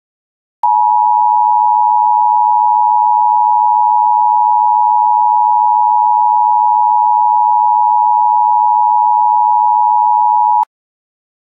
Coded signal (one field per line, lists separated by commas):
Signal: Emergency Alert System (SAME) tones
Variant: 853 and 960 Hz attention tone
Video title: Peter Griffin Channel EAS Test